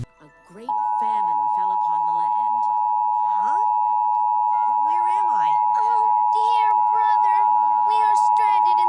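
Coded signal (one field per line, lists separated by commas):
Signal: Emergency Alert System (SAME) tones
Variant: 853 and 960 Hz attention tone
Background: speech, music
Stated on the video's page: Mock, simulated EAS child abduction alert with added CRT effect, not a real broadcast.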